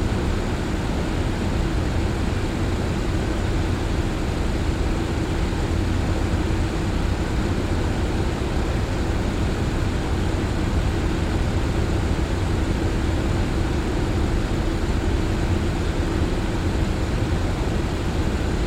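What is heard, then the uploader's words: A fan runs at a constant speed, producing a dense, unchanging whoosh of air with no pauses. The sound is heaviest in the low range, with a steady low hum and a faint tonal whine running beneath the rushing air. Sound Of A Fan For Sleep Or Studying | White Noise.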